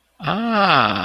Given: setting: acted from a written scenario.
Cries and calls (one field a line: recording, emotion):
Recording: vocal sound without words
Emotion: interest